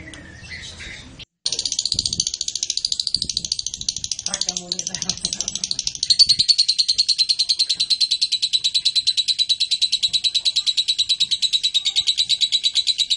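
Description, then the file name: Lovebird chattering: a long, steady run of rapid, harsh pulsed notes continuing to the end. Blue colour variety. "lovebird blue reg omkicau"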